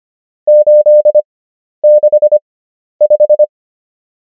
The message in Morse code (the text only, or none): 865